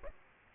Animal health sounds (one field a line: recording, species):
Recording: mosquito wingbeat signal from an infrared sensor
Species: Aedes aegypti